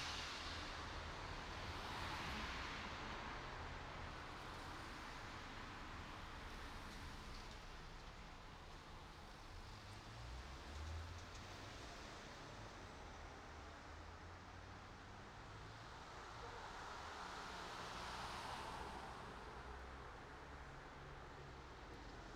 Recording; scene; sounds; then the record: everyday scene through a hearing-aid microphone; in traffic; traffic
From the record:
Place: city secondary road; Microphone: in the ear canal, right